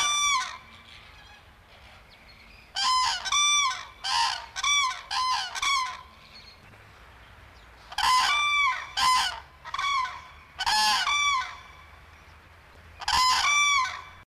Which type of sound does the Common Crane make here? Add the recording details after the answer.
call. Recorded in captivity. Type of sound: call. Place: Zoo Hannover, Niedersachsen, DE. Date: 1979-12-04. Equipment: Halbspur, 9,5 cm/s. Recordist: Lütgens, Hans. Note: Zoo Hannover